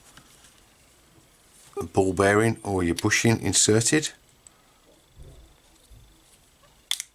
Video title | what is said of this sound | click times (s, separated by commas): Tamiya DT03 Build Part 2 + Suggested Hop-Ups! | there just clicks into place again and then both | 6.9 s